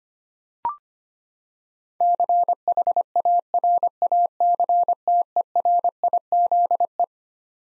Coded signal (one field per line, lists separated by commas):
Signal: Morse code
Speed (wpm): 25 wpm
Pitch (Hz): 700 Hz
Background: none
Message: CHARACTERIZE